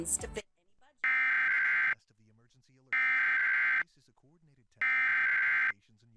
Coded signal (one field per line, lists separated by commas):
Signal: Emergency Alert System (SAME) tones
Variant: header bursts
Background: speech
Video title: LA Required Monthly Test (EAS #1301-1310) 9/26/23